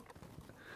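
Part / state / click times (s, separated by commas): top clip of a tablet holder on a car dash mount / seated / 0.1 s, 0.5 s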